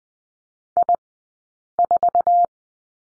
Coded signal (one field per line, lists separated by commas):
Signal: Morse code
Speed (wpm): 20 wpm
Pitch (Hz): 700 Hz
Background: none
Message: I4